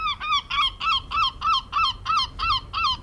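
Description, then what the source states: Herring Gull calls: a steady run of about ten loud, nasal, laughing notes, evenly spaced, each dropping slightly in pitch. Played as an example in a side-by-side comparison of gull calls.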